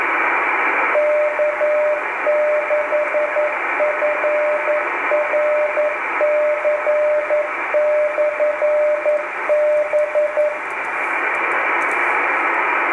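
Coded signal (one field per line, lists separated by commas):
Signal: Morse code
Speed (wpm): 11 wpm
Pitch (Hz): 600 Hz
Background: radio noise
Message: K6FRC/B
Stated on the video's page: 10-meter beacon in California, one of several beacons from this station.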